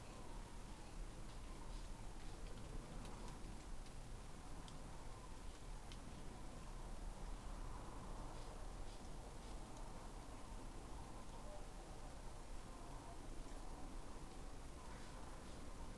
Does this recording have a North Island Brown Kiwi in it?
no